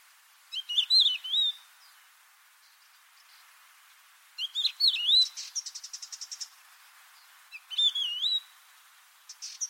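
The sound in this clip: Bird delivering three looping, warbled whistle phrases about three to four seconds apart, one followed by a quick run of high, even ticking notes.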